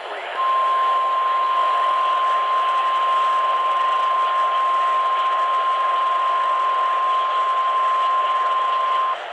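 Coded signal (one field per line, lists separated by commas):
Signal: Emergency Alert System (SAME) tones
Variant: 1050 Hz attention tone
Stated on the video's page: Alerts received by late-night AM DX reception of distant broadcast stations, also relayed via a station's stream.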